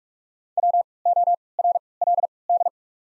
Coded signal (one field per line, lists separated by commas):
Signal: Morse code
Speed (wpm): 46 wpm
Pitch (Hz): 700 Hz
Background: none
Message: WORLD